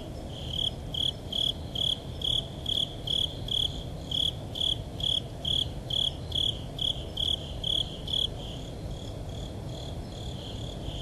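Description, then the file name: Japanese burrowing cricket song: bright, short chirps repeated about twice a second for eight seconds, then stopping, over a steady low rumble. "tuzuresase"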